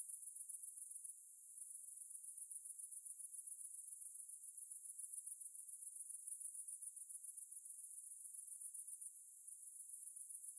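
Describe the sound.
Cicada chorus, an unbroken high-pitched buzzing drone with rapid pulses, dipping briefly near the start and end.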